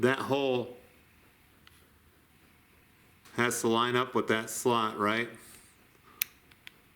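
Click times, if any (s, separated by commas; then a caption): 6.2 s. A metal internal fork piece is lined up so its hole meets a slot in a motorcycle front fork tube, then pushed into place. Someone talks, and after a quiet pause a sharp click at 6.2 seconds shows it seating, followed by a few faint ticks.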